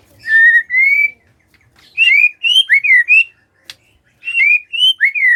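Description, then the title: White-rumped shama song: clear rising whistled phrases in short groups, slurred up and down, separated by brief pauses. Lure to prompt lazy white-rumped shamas to sing. "PANCINGAN MURAI BATU. SIULAN MURAI BATU❗ PANCINGAN MURAI MALAS AGAR BUNYI❗❗"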